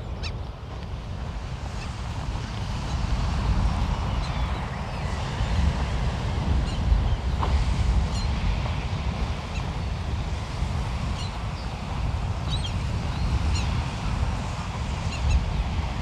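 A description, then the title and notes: Waves and bird life along the Omø coastline: a dense, steady low rush of water and wind fills the whole stretch with little change. Faint, short bird calls break through above it every second or two, with a slightly louder one near the middle. Waves and bird life: Ambience from a walk along Omø coastline.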